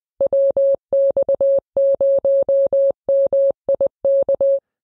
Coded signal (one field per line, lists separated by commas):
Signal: Morse code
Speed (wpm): 20 wpm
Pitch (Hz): 550 Hz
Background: none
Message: WX0MIK